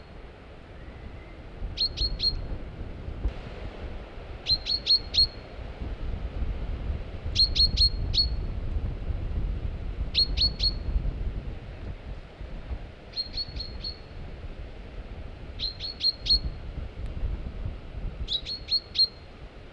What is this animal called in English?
Common Chaffinch